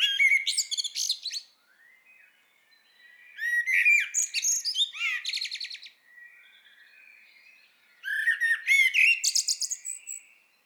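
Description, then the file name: Common blackbird delivering three separate song phrases of mellow whistled notes and shrill, rapid high twitters, with quieter gaps between phrases. "Turdus merula"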